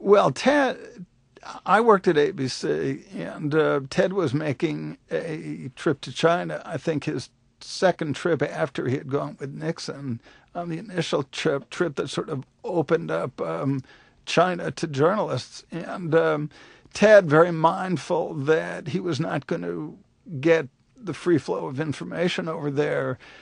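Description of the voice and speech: Man speaks haltingly, with stretched sounds, a repeated word, creaky voice and mid-phrase pauses: dysarthria from multiple sclerosis diagnosed 30 years earlier, his voice very much affected by the MS.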